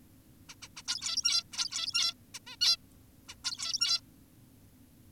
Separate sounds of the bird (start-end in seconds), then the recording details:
0.49-0.55, 0.62-0.68, 0.77-0.82, 0.88-1.44, 1.53-2.14, 2.34-2.39, 2.47-2.56, 2.61-2.77, 3.29-3.35, 3.44-4.01. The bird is an adult. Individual g17y2U